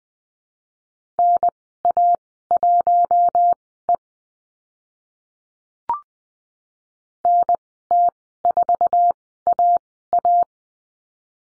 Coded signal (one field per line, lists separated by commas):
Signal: Morse code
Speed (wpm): 20 wpm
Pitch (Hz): 700 Hz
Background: none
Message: NA1E NT4AA